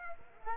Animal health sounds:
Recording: mosquito wingbeat signal from an infrared sensor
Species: Culex quinquefasciatus

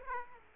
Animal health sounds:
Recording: mosquito wingbeat signal from an infrared sensor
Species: Aedes aegypti

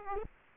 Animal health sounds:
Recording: mosquito wingbeat signal from an infrared sensor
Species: Aedes aegypti

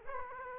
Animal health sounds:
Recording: mosquito wingbeat signal from an infrared sensor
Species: Aedes aegypti

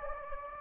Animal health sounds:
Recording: mosquito wingbeat signal from an infrared sensor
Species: Anopheles gambiae

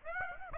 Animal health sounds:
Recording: mosquito wingbeat signal from an infrared sensor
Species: Aedes aegypti

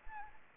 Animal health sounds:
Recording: mosquito wingbeat signal from an infrared sensor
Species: Anopheles gambiae

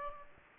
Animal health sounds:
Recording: mosquito wingbeat signal from an infrared sensor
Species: Aedes aegypti

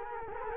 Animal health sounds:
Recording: mosquito wingbeat signal from an infrared sensor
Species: Culex quinquefasciatus

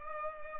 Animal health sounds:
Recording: mosquito wingbeat signal from an infrared sensor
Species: Culex pipiens

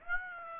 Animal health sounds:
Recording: mosquito wingbeat signal from an infrared sensor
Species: Aedes aegypti

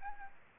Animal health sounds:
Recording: mosquito wingbeat signal from an infrared sensor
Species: Aedes albopictus

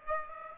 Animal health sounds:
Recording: mosquito wingbeat signal from an infrared sensor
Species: Aedes aegypti

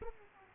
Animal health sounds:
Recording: mosquito wingbeat signal from an infrared sensor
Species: Aedes aegypti

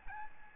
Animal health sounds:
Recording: mosquito wingbeat signal from an infrared sensor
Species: Aedes albopictus

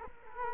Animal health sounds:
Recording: mosquito wingbeat signal from an infrared sensor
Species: Culex quinquefasciatus

